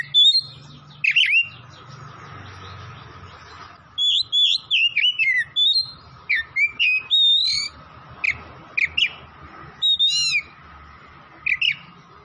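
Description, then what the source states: Oriental magpie-robin singing a varied sequence of quick whistles, slurs and chips in bursts, with a pause early on. Oriental magpie-robin (kacer) from Tretes, singing vigorously (gacor).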